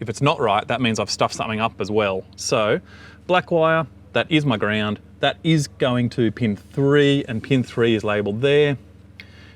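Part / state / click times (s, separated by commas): ground wire terminal into GPS speed sensor connector housing / seated / 9.2 s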